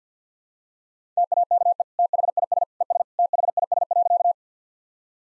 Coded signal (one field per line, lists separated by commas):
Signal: Morse code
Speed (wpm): 50 wpm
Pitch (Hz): 700 Hz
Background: none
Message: TAKE THIS ES THIS.